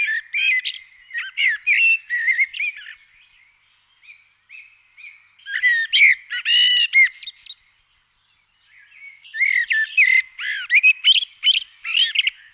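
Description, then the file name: Common blackbird singing in bursts of varied twittering and warbled notes, phrases a few seconds long separated by short pauses. "Kos cerny Turdus merula"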